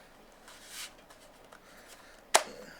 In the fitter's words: okay so it's snapped in place G36